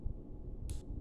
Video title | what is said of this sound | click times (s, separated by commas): Faulty Rock Island Armory/Armscor M206 revolver. Back from warranty repair, still faulty. | see that was the click now the hammer falls but on two chambers it happens in the wrong order | 0.7 s